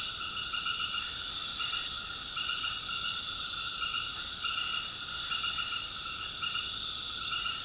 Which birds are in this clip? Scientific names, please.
none